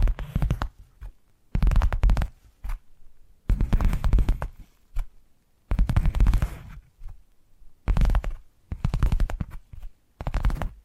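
Tapping triggers come in short dense bursts of quick taps with a deep thumping low end, separated by brief pauses throughout.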